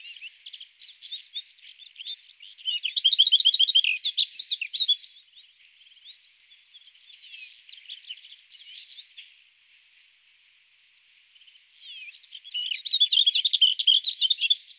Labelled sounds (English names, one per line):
Lesser Whitethroat song